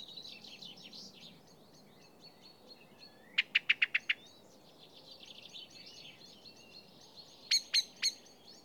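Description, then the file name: Common blackbird call, a burst of six hard clicks amid faint warbling, followed by three more sharp notes. "Turdus merula"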